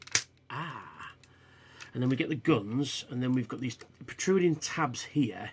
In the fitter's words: then you follow that in there and then you get a real satisfying click you ready oh ah